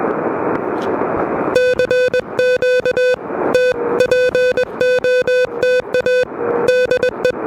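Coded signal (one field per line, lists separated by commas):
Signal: Morse code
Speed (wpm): 20 wpm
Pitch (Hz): 500 Hz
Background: music, radio noise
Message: CQ T POTA DE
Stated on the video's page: Low-power QRP CW park activation at Parc des Moulins on an Elecraft KH1 with a homebrew end-fed random wire antenna; noisy conditions.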